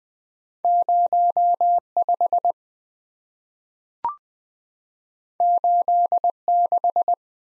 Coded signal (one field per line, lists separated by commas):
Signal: Morse code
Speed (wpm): 20 wpm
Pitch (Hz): 700 Hz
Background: none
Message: 05 86